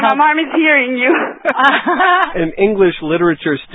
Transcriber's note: laughter